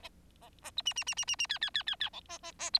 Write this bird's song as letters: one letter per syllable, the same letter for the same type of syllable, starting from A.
A A B C C C C C C D D D D D E A A A B